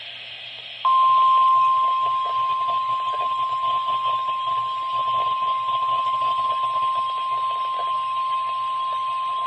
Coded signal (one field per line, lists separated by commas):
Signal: Emergency Alert System (SAME) tones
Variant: 1050 Hz attention tone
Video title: (EAS #726) Required Weekly Test (KEC56)